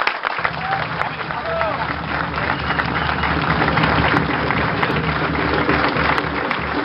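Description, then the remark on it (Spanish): A crowd at a Peronist gathering applauds steadily, dense clapping filling the whole stretch at a fairly loud, even level, with a low rumble and scattered voices mixed underneath. “Así un fuerte aplauso.”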